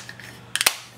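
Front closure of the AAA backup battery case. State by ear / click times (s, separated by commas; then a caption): seated / 0.6 s, 0.7 s. After being turned the right way round, the front of a plastic AAA backup battery case for a BaoFeng UV-5R/UV-5RA handheld radio is pressed closed. A faint tick comes first, then a quick run of three sharp plastic clicks, the loudest last. The case snaps shut and locks into place at about 0.6 s and 0.7 s.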